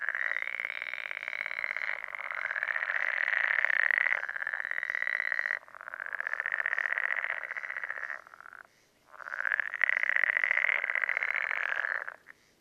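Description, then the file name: Pool frogs calling in long, dense rattling choruses of rapid pulses, each burst lasting several seconds with brief gaps between. "life dviete. pelophylax lessonae"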